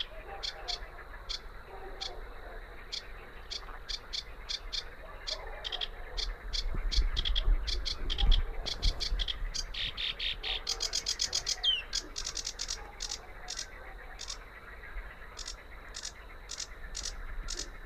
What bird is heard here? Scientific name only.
Acrocephalus schoenobaenus